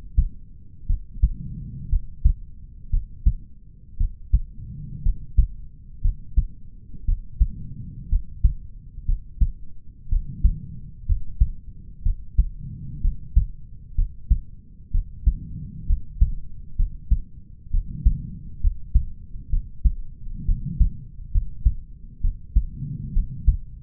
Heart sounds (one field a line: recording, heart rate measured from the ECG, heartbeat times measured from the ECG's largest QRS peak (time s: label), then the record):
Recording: heart sounds by stethoscope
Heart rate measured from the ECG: 62 bpm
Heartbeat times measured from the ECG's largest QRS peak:
0.87 s: heartbeat
1.90 s: heartbeat
2.90 s: heartbeat
3.98 s: heartbeat
5.03 s: heartbeat
6.02 s: heartbeat
7.05 s: heartbeat
8.09 s: heartbeat
9.06 s: heartbeat
10.09 s: heartbeat
11.06 s: heartbeat
12.03 s: heartbeat
13.01 s: heartbeat
13.95 s: heartbeat
14.91 s: heartbeat
15.87 s: heartbeat
16.76 s: heartbeat
17.71 s: heartbeat
18.61 s: heartbeat
19.50 s: heartbeat
20.46 s: heartbeat
21.31 s: heartbeat
22.21 s: heartbeat
23.13 s: heartbeat
From the record:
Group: healthy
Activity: rest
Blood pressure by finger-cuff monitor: 88/63 mmHg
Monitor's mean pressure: 71 mmHg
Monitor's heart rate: 59 bpm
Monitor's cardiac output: 4.5 L/min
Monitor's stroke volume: 77 mL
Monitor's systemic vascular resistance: 1110 dyn s/cm5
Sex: male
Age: 20 years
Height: 187 cm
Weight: 68.9 kg